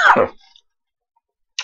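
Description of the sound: A single short, voiced cough burst of about a third of a second from an adult man, then near silence with a faint click at the end. It is a small cough from a head cold, caught from a draught of cold and hot air, that affects his voice and comes on as soon as he speaks.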